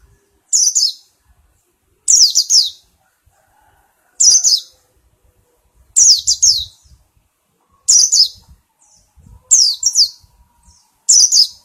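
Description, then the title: White-eye calls, single high notes falling in pitch, repeated about every one and a half to two seconds. Song style given the local names ngalas and ngeroll. "Kumpulan Pleci Ngalas Ngeroll"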